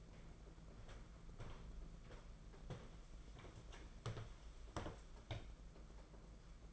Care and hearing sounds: daily activity, microphone in the room; walk to room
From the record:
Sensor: 5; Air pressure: 992.2 hPa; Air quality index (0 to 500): 213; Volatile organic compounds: 1000 ppm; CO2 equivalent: 6186 ppm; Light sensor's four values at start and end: 6/16/6/7 and 6/16/6/7

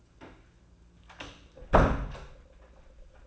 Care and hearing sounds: daily activity, microphone in the room; close door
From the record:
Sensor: 2

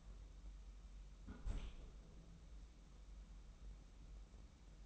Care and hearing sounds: daily activity, microphone in the room; close fridge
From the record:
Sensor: 1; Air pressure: 994.4 hPa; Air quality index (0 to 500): 222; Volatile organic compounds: 1000 ppm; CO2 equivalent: 7978 ppm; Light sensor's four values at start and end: 112/254/113/121 and 102/230/102/108

